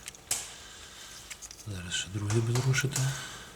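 While repinning a Renault Megane electrical connector, the second crimped metal terminal pin is being handled for pushing into the plastic connector housing. Faint handling ticks come early, with a sharper tick near 0.3 s and another around 1.5 s, then someone talks through the rest of the clip. Nothing has seated or clicked into the housing yet.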